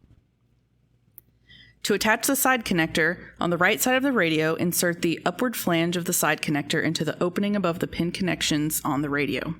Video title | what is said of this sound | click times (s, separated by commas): RES 100 Software and Feature Updates | and then pushing the top towards the battery clip push on the battery until the audible click is heard | 1.2 s